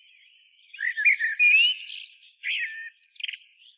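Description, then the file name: Common blackbird song: a rapid jumble of squeaky, scratchy high notes with a short rising whistle, followed by a few quick chips. "Turdus merula"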